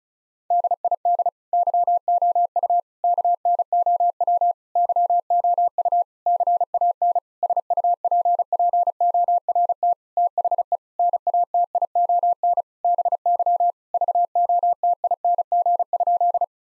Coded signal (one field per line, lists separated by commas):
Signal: Morse code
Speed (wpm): 36 wpm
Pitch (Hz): 700 Hz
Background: none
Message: DID YOU KNOW YOU CAN SUPPORT THE NATION BY VOTING?